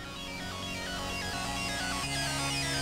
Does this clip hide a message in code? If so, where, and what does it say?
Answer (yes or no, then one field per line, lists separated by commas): no